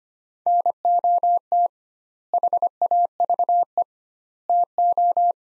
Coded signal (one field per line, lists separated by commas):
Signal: Morse code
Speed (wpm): 25 wpm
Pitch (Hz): 700 Hz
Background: none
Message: NOT HAVE TO